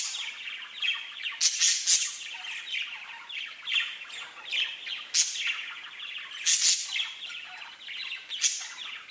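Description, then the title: Budgerigar chatter: steady warbling with scratchy notes and sharp high squawks bursting out every second or two across the whole stretch. "Budgie Sounds"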